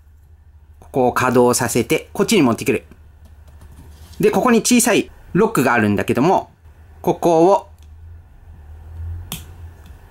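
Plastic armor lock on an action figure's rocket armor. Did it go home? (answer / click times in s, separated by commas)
yes / 9.3 s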